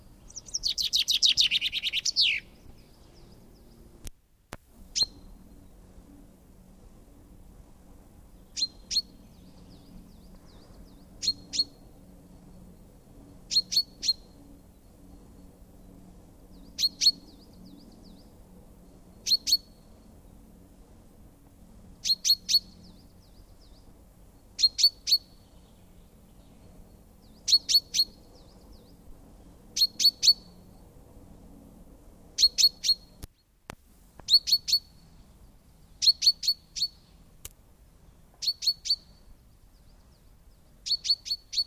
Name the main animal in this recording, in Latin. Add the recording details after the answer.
Fringilla coelebs. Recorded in the wild. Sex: male. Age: adult. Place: Kaiserslautern, Rheinland-Pfalz, DE. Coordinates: 49.4372, 7.80972. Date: 1962-04-09. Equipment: Stellavox SM 5, Original, Vollspur. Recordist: Tretzel, Erwin. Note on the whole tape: Kaiserslautern, Dorado (eigene Bezeichnung, verwildertes Gebiet). Männchen: Gesang und Rufe